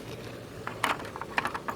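A plastic top cover is pressed onto an installed Pool Sentry pool water-level control unit housing and snaps into place. Sharp plastic clicks land at 0.8 s and 1.4 s, with a few smaller knocks around them over a low steady background. The cover ends up seated.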